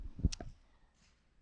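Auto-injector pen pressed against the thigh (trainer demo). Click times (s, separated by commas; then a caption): 0.3 s. An epinephrine auto-injector pen, its blue cap popped off, is pressed orange tip first against the thigh in a training demo. It gives a sharp, short click at 0.3 s, with softer knocks just before and after, then near silence. The injector has activated.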